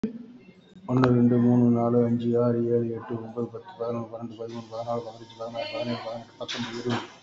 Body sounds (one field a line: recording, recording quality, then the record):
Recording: counting at a fast pace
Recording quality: excellent, no background noise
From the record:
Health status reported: respiratory illness, not identified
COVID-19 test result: negative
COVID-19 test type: RT-PCR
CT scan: taken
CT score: 2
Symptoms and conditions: cold, breathing difficulty, chronic lung disease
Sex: male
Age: 63 years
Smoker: no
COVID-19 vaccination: one dose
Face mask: worn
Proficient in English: yes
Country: India